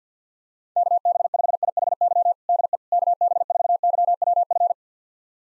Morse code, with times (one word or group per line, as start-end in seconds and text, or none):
0.8-2.3 KB5IHY
2.5-2.8 DE
2.9-4.7 KB4YWF